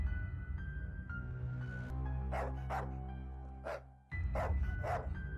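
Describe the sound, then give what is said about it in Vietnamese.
Just before dawn, a dog suddenly lets out a handful of sharp, loud barks in an uneven rhythm, heard over a steady, low droning musical backdrop. “Tiếng chó bất ngờ sủa vang lên, bà tự hỏi.”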